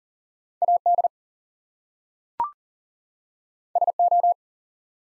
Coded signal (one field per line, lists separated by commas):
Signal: Morse code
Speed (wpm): 38 wpm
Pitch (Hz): 700 Hz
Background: none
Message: AD SO